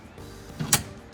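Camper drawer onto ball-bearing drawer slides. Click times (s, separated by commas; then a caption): 0.7 s. A camper drawer is lined up on its ball-bearing slides and pushed back in, with a low sliding rumble building from about 0.6 s. One sharp click at 0.7 s marks the drawer latching, and it is confirmed seated back in.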